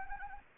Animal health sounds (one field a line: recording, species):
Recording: mosquito wingbeat signal from an infrared sensor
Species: Anopheles arabiensis